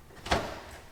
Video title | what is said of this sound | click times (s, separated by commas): New Castrol ePods Oil Dispensing System - Unboxing - New toy for the shop | This is fun. This is satisfying. It's got a satisfying click | 0.3 s